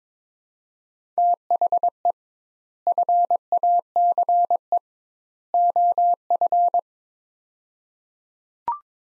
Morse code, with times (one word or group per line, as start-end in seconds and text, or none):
1.2-2.1 THE
2.9-4.8 FACE
5.5-6.8 OF